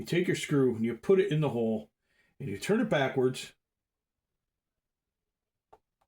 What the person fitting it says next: You hear that click?